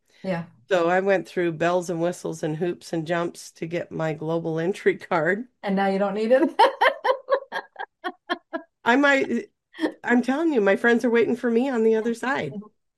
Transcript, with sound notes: So I went through bells and whistles and hoops and jumps to get my global entry card.
And now you don't need it? (laughs)
I might, uh, I'm telling you, my friends are waiting for me on the other side.